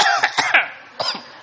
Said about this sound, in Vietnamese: Này ho thiệt ông nội ơi.